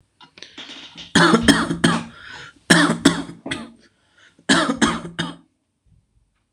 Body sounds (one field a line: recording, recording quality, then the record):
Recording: shallow voluntary cough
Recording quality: excellent, no background noise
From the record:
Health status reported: exposed to COVID-19, no respiratory illness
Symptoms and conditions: none ticked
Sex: male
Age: 30 years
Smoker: not ticked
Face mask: not worn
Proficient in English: yes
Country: India